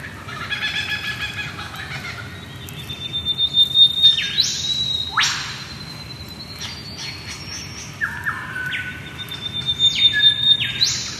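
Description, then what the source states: Lyrebird song with varied phrases: a soft chattering opening, then sharp whip-like sweeps and a long, thin, level whistle, repeated with pauses. Ridge Track, Tacoma, Victoria; sent in by listener Di McKenzie.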